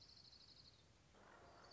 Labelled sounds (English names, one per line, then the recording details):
Orange-crowned Warbler
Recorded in Sonoma County, California